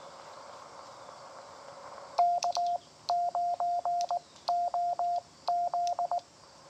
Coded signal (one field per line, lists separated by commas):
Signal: Morse code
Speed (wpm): 19 wpm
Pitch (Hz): 700 Hz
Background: radio noise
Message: K9OZ